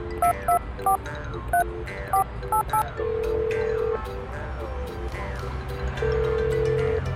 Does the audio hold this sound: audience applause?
no